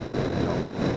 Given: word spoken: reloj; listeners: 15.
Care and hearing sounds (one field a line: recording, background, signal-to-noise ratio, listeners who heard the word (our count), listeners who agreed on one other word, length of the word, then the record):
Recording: one Spanish word in noise, from a listening test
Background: noise modulated by three-talker babble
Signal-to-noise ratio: -7.4 dB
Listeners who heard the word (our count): 1 of 15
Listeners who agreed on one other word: 6 of 15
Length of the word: 0.57 s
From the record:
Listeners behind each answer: 6, 1, 1, 1, 1, 1, 1, 1, 1, 1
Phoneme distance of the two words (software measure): 31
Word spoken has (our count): 2 syllables, 5 phonemes, stress on syllable 2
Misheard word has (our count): 1 syllable, 2 phonemes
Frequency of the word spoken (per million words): 34.07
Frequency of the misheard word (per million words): 9606.18